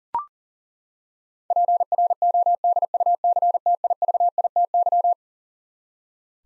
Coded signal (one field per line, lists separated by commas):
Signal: Morse code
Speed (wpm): 40 wpm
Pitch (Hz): 700 Hz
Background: none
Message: PRODUCTIVITY